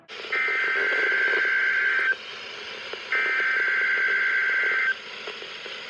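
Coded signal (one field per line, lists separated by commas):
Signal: Emergency Alert System (SAME) tones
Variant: header bursts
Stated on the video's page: Required Weekly Test from a NOAA weather radio station in St. Joseph.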